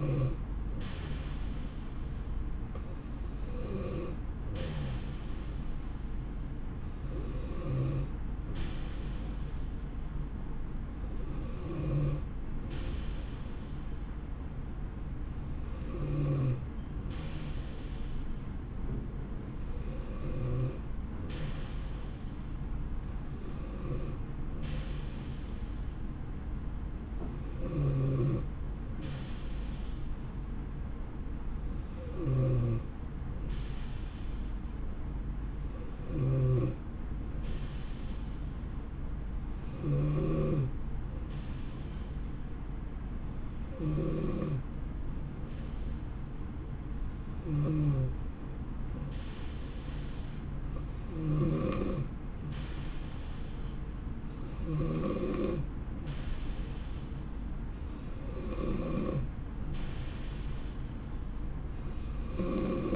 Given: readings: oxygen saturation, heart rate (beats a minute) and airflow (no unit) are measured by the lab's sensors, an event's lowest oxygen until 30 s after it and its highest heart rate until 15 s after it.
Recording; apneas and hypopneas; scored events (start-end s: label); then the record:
breathing in sleep by a smartphone at the bedside; none
none scored
From the record:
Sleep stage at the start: N2 (light sleep); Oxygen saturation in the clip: 88 to 91%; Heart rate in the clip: 62 to 72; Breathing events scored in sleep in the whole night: 160 in 9.3 hours asleep